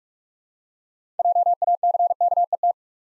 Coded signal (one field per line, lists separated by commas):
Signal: Morse code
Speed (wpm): 44 wpm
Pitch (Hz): 700 Hz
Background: none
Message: JACKET